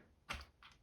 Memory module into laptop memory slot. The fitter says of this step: please note that in order to ensure that the memory modules have stacked in you will hear an audible click